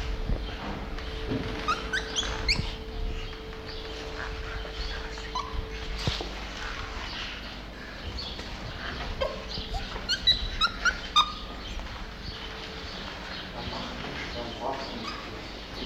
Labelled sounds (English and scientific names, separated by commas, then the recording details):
Lar Gibbon (Hylobates lar)
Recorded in captivity
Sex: male
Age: adult
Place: Zoo Magdeburg, Sachsen-Anhalt, DE
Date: 1989-05-12 13:52
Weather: bedeckt, z.T. Regen, ca. 12°C
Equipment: Sony WM-D6C, Sony ECM-939 LT, Kopie Tesla B 116
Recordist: Tembrock, Günter